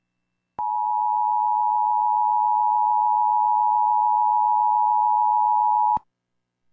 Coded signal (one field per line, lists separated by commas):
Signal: Emergency Alert System (SAME) tones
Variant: 853 and 960 Hz attention tone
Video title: Required Monthly Test on WGH-FM (EAS #249)